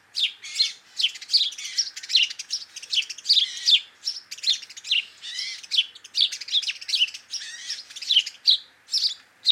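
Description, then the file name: House sparrow chirps in a lively, irregular stream, harsh cheeps and twittering notes crowding together with brief gaps. "Passer domesticus"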